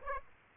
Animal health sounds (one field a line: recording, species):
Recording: mosquito wingbeat signal from an infrared sensor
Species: Aedes aegypti